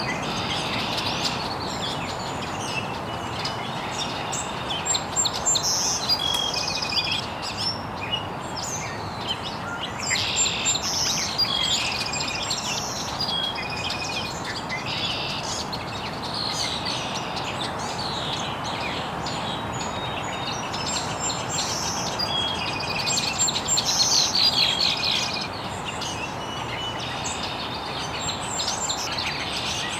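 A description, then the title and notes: Many birds chirp at once in an estuary very early in the morning, a dense, overlapping chorus of bright calls and trills that never lets up across the whole thirty seconds. Underneath lies a steady, soft hiss of open-air ambience. Birds Chirping in the Early Morning. Original sounds of birds chirping very early in the morning in an estuary.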